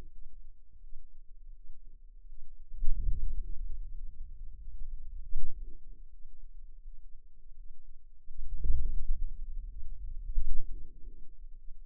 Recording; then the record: forearm muscle sounds (acoustic myography)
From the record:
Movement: wrist extension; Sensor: system 2, bracelet of six BSWA MPA416 microphones around the upper forearm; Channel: 6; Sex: female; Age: 23 years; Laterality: right